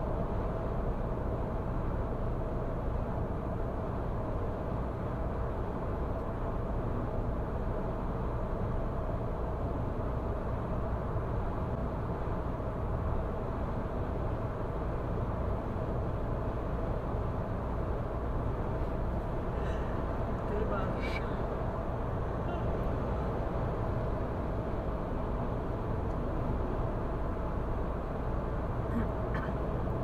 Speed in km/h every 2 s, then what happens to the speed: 106, 106, 106, 106, 106, 106, 106, 106, 106, 106, 106, 106, 106, 106, 106.
0-30 steady at about 106.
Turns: none.